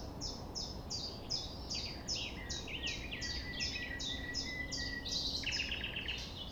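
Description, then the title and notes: Common nightingale singing a fast chain of repeated sharp notes, then a pulsed rattle near the end; a faint low drone runs underneath. Recorded at 6 a.m. at sunrise near the Thève at Champ de Ménage; the nightingale sings without waiting for silence. "6 A.M. Lever du soleil non loin de la Thève au Champ de Ménage. Le rossignol n'attend pas le silence."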